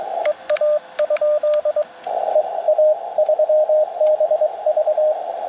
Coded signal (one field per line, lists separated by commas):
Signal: Morse code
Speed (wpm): 22 wpm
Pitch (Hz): 600 Hz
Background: radio noise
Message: EA? EA3BV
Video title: Lunch Time POTA CW Activation - 9/8/23 @ K-4451